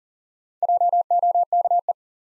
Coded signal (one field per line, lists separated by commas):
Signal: Morse code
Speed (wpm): 41 wpm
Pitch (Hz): 700 Hz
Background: none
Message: JOKE